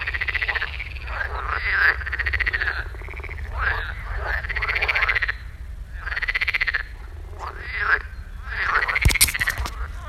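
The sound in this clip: Frogs giving repeated rasping, pulsed croaks in bursts about a second long, with a brief crackle near the end.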